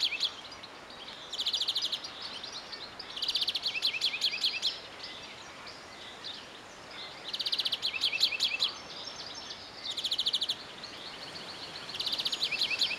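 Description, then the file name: European greenfinch giving rapid twittering trills in several short bursts, each a fast run of bright notes, over a steady hiss of background noise. "Chloris chloris"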